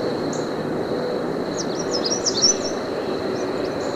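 American redstart giving a short burst of thin, high, down-slurred notes midway through, over a constant rushing background noise and a steady high-pitched whine.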